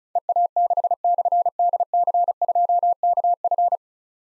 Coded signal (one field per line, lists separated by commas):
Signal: Morse code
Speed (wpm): 36 wpm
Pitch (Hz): 700 Hz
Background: none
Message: EA6/DC2KF